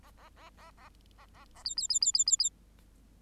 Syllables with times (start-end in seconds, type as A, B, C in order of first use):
0.03-0.11 A, 0.17-0.29 A, 0.36-0.49 A, 0.57-0.71 A, 0.77-0.89 A, 1.18-1.26 A, 1.34-1.45 A, 1.54-1.63 A, 1.65-1.75 B, 1.77-1.88 B, 1.89-1.99 B, 2.01-2.12 B, 2.14-2.24 B, 2.26-2.37 B, 2.39-2.50 B